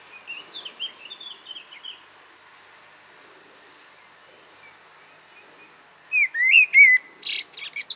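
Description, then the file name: Common blackbird song: a few faint warbles, a long pause, then a loud mellow whistled phrase finishing in scratchy high twittering; a steady high tone runs beneath. "Turdus merula"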